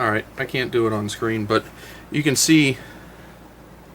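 A man talks while the mounting arm of a Klein Tools Situational Awareness earmuff is handled at a hard hat's accessory slot, with a faint low hum underneath. The arm has not yet been pushed home, so nothing has seated or clicked yet.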